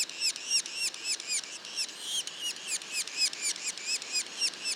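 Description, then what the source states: Yellow-bellied sapsucker young calling with quick, piercing notes, around four a second, varying slightly in loudness. Juveniles; Mont-Orford National Park, Quebec.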